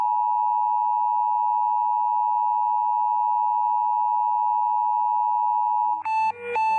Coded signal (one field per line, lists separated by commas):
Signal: Emergency Alert System (SAME) tones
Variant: 853 and 960 Hz attention tone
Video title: Rating EAS alarms Part 4! but i added the languages that they speak